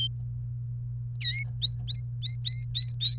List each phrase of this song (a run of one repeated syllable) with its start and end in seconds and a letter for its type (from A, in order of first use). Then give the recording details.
1.21-1.43 A, 1.62-3.18 B. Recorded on 28 April 2018 at 14:55. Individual llb3